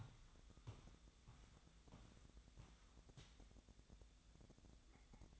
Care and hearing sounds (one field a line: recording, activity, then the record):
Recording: daily activity, microphone in the room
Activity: walk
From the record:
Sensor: 3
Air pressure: 1012.2 hPa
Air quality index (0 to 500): 187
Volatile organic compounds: 3 ppm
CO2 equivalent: 1432 ppm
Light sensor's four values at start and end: 51/134/58/61 and 52/139/60/63